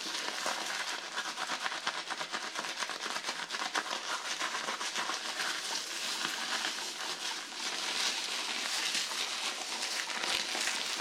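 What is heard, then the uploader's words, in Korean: Dense crackling and squishing of shampoo lather being worked into the scalp, like a steady scalp massage. Countless tiny pops and rubbing strokes blend into a bright, fizzy texture that stays even in loudness throughout, with no pauses or voices. 토탈케어 F코스 ASMR (샴푸, 스킨케어, 두피마사지, 헤어브러싱).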